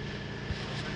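A mechanic pushes a manifold gauge hose's quick coupler onto the low-pressure AC service port of a Hyundai Accent during an AC gas refill for an AC that is not cooling. The clip is a steady broadband hum with a brief low thump at about 0.5 s. Nothing has seated or clicked yet.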